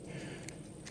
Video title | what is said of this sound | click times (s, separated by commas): DJI Osmo Pocket Extension Rod Overiew - Super Selfie Stick | you'll hear it click when it goes all the way in so once it's fully seated close the latch and then | 0.5 s